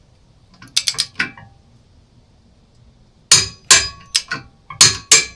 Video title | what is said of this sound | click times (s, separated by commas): Wilco OFFROAD Hitchswing Install 2025 Pleasure-Way Ontour 2.2 | hear that click? That means it's set at 75. | 4.8 s, 5.1 s